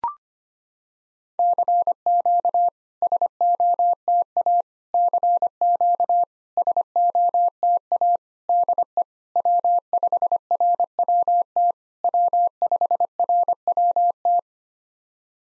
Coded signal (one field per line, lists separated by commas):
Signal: Morse code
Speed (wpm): 25 wpm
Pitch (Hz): 700 Hz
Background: none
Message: CQ SOTA CQ SOTA DE W5RWT W5RWT